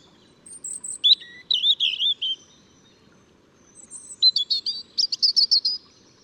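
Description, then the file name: European robin song in two phrases: a thin high whistle with warbling notes, a pause, then a brisk rippling trill of high twitters. "Erithacus rubecula"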